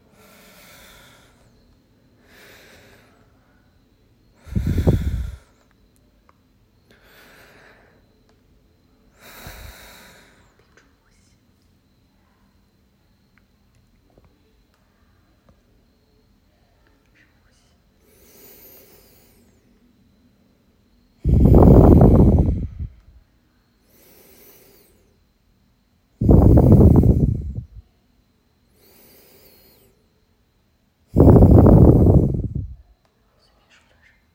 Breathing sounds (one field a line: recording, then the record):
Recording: deep breathing after running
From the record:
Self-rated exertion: light exertion (2 of 6)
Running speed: 6 miles an hour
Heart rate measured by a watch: 119 beats a minute at the start, 113 at the end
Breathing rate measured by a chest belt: 11 breaths a minute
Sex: male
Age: 23 years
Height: 172 cm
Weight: 64 kg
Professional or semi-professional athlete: yes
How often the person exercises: 3 to 5 times a week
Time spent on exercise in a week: 2 to 3 hours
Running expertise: no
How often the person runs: 1 to 2 times a week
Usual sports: running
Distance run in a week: 15 km